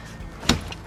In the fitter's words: pop it out till it locks into place.